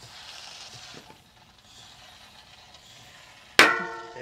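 A tubeless bicycle tire with an insert is inflated with a floor pump against a low hiss. At 3.6 s the first bead snaps up onto the rim shoulder with a sudden loud bang and a ringing decay. The bead is seated.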